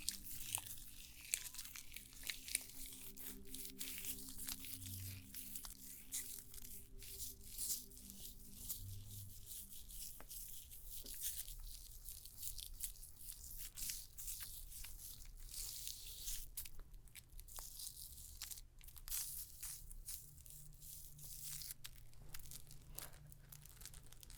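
Stone spa treatment sounds: soft rustling and crinkling with frequent small clicks and brushing strokes, denser and brighter after about 15 seconds. A low steady hum runs underneath throughout, with a fainter tonal drone that fades out around 10 seconds.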